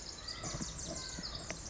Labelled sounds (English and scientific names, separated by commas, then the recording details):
Pacific Wren (Troglodytes pacificus)
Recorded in Sonoma County, California